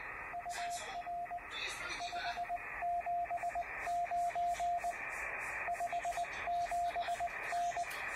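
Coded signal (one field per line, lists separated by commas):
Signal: Morse code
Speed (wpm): 19 wpm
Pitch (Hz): 700 Hz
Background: radio noise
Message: UR 579 57N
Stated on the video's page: Test CW QSO on 70.190 MHz (4 m) with a Yaesu FT817 and homemade 29/70 MHz transverter, 3 W, GP7 antenna.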